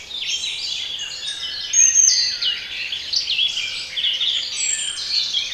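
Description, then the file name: Bird: high twittering and whistled bird song from several birds, an unbroken chorus of chirps and thin trills. Bird sounds for relaxation. "relaksacja odglosy ptakow"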